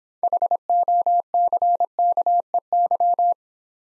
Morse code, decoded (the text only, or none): HOCKEY